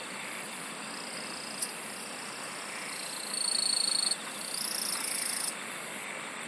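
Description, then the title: Insect song of sharp high buzzes switching on and off, a sustained whining tone growing louder and pulsing, then giving way to steady chirring. "SINGING OF INSECTS"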